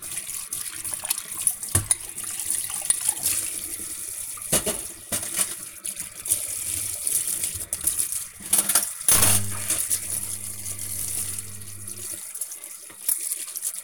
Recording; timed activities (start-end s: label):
household activities, microphone on the right wrist
0.00-13.84 s: washing dishes